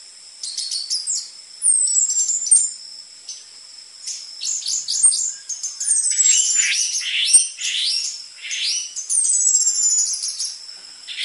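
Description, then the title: Orange-headed thrush song of bright, sharp whistled notes and quick slurred trills in bursts, with short gaps and a persistent high steady tone underneath. Lure (pancingan) and master song material for training caged orange-headed thrushes; dense filler song ('isian rapat'), suited to the spotted 'trotol' form. "PANCINGAN Anis Merah Gacor Materi Isian Rapat Cocok Untuk MASTERAN Anis Merah TROTOL"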